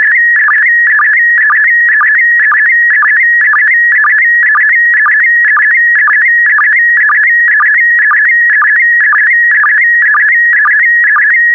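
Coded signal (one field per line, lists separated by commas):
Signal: SSTV (slow-scan television)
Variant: PD120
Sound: steady warbling electronic tone with rapid pitch flutters and regular low blips about twice a second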